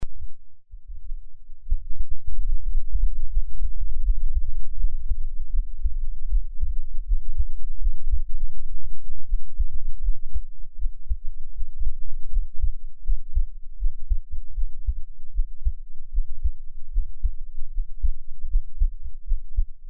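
Dull, low thumps repeat steadily through a quiet room: an adult heartbeat heard close up through an NT5 microphone.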